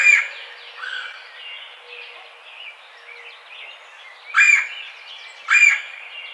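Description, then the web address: Red-bellied woodpecker giving a churr cut short at the start, then two loud rolling churrs near the end after softer mixed bird chatter and chirps. Recorded 4 May 2009. "Red-bellied Woodpecker 2009 05 04"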